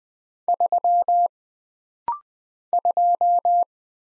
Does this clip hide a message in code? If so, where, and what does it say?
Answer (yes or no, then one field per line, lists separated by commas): yes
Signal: Morse code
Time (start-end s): 0.5-3.6 s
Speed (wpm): 20 wpm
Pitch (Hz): 700 Hz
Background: none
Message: 3 2